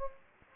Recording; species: mosquito wingbeat signal from an infrared sensor; Anopheles gambiae